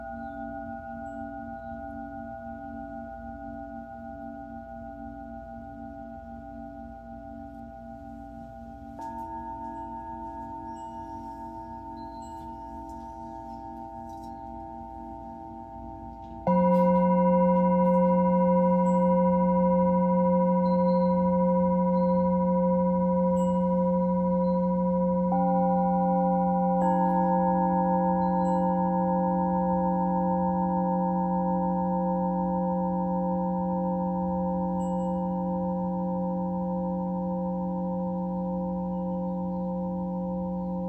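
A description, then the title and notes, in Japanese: Singing bowls and sanukite stones ring out in long, pure sustained tones that layer over one another. New strikes enter around 9, 16 and 26 seconds, the one at 16 seconds much louder, adding fresh pitches. Each ring then fades very slowly, with a soft wavering throb underneath. 真夜中のシンギングボウルのサウンドヒーリング。サヌカイト。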